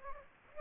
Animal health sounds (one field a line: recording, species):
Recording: mosquito wingbeat signal from an infrared sensor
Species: Aedes aegypti